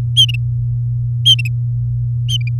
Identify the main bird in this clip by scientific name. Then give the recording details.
Serinus canaria. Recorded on 3 May 2018 at 16:48. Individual llb16